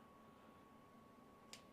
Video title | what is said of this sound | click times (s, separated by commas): EASY OFF with the New RIDGID 18V Brushless 5" Orbital Sander [R870651] | About 1/8 of a turn, it locks into place. | 1.5 s